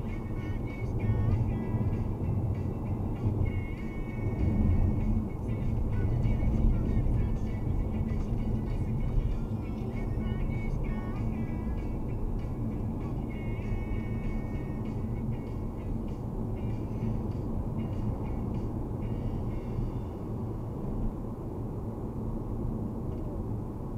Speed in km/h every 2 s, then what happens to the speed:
64, 62, 58, 56, 57, 58, 59, 59, 62, 64, 63, 62.
0-6 slows to 56. 6-18 speeds up to 64. 18-24 steady at about 63.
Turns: none.